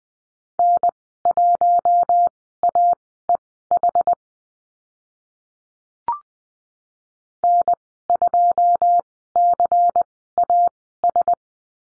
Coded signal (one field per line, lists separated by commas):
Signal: Morse code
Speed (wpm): 20 wpm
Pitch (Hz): 700 Hz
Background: none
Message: N1AEH N2CAS